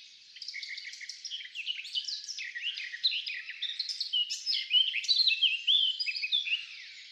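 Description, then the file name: Eurasian blackcap song, a continuous rich warble of varied quick notes and short whistled phrases, growing slightly louder toward the end, with no other clear sounds. "Sylvia atricapilla"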